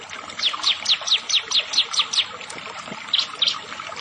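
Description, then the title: Prinia song: a steady run of sharp, high chips, then a short pause and two more notes. "Ciblek Sawah"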